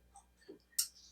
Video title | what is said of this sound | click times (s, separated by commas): 2008-2020 Dodge Grand Caravan / 2009-2020 Dodge Journey Oil Pressure Sensor Replacement - Code P0522 | feel and you need to hear a click when it goes in | 0.8 s